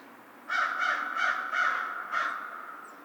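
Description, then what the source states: American crow cawing: four quick hoarse caws in a row, a short pause, then one more. Recorded on 2 March 2010.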